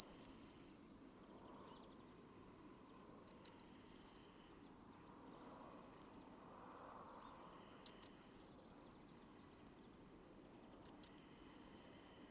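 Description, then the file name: Eurasian blue tit giving high, thin calls. Each starts with a brief note and drops into a rapid series of short, descending notes, recurring every few seconds. "Cyanistes caeruleus"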